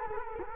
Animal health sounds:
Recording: mosquito wingbeat signal from an infrared sensor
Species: Culex quinquefasciatus

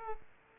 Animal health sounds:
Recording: mosquito wingbeat signal from an infrared sensor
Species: Culex pipiens

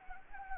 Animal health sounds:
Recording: mosquito wingbeat signal from an infrared sensor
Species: Anopheles gambiae

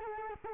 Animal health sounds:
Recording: mosquito wingbeat signal from an infrared sensor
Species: Culex quinquefasciatus

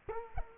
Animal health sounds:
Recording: mosquito wingbeat signal from an infrared sensor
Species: Culex quinquefasciatus

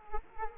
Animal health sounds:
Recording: mosquito wingbeat signal from an infrared sensor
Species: Culex quinquefasciatus

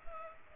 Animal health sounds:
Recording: mosquito wingbeat signal from an infrared sensor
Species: Culex pipiens

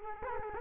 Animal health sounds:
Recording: mosquito wingbeat signal from an infrared sensor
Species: Culex quinquefasciatus

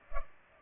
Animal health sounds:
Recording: mosquito wingbeat signal from an infrared sensor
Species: Culex pipiens

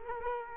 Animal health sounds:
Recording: mosquito wingbeat signal from an infrared sensor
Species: Culex quinquefasciatus

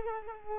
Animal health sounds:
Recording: mosquito wingbeat signal from an infrared sensor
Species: Culex pipiens

